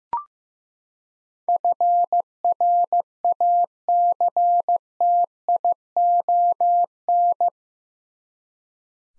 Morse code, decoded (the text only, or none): FRACTION